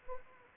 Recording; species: mosquito wingbeat signal from an infrared sensor; Anopheles arabiensis